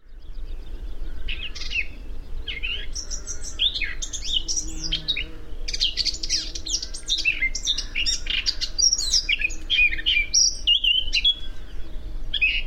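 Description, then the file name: Eurasian blackcap singing a rich, fast, varied warble of scratchy and clear notes, running almost unbroken for the whole stretch over a steady low rumble. "Sylvia atricapilla"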